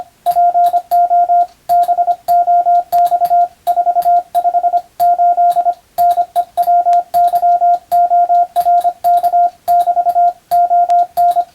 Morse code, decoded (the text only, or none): PO BOX 458 NEWYORK <BT> ON